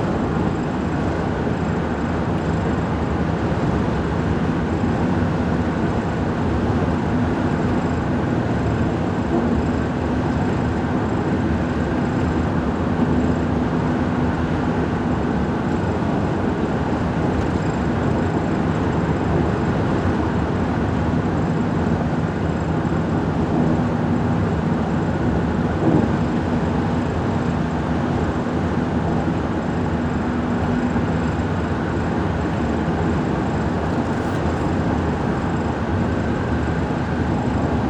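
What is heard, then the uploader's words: Steady, dense road roar from inside a car on a highway, low rumble dominant and unchanging, with a faint brief click near twenty-six seconds. Travel with me from Central Phoenix to my office in Chandler, Arizona. It’s mostly highway so great amount of ambient sounds coming from the road in my Ford F-150 pickup truck.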